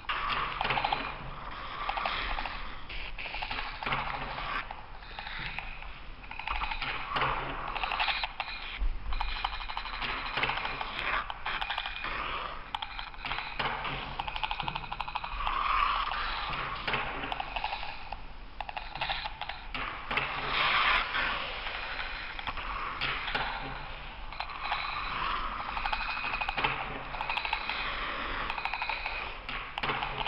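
A kinetic drawing apparatus runs on its own with a dense, steady scratching and rattling, mostly in the mid and upper range, with faint low thumps.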